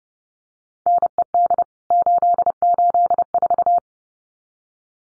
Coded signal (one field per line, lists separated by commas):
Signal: Morse code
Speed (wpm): 30 wpm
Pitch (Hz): 700 Hz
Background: none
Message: NED 884